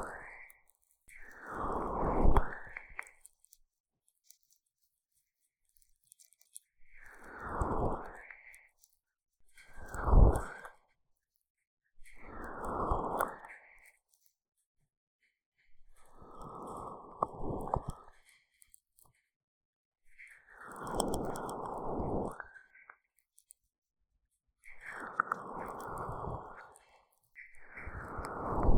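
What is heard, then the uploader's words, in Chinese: Sticky aloe gel is rubbed in an ear massage, in repeated bursts of wet, squelching friction separated by short silences. About nine strokes come at a fairly regular pace, each swelling and fading over a second or two, with a soft, muffled tone. ASMR 蘆薈凝膠按摩耳朵 | Aloe based gel sticky Earmassage | 3Dio | NoTalking。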